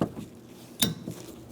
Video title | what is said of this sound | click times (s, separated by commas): How to Replace Wiper Blades 2015-2025 Ford Transit 250 | We're listening for an audible click from that. | 0.8 s